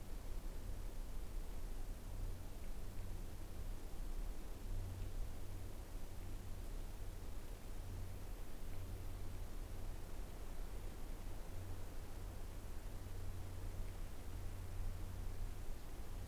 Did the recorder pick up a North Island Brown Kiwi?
no